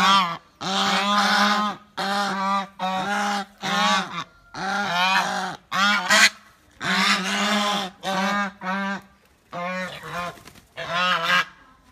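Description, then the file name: Goose uttering a steady series of loud, brassy honks, roughly one or two per second, in short clusters throughout. "Tieng ngong keu"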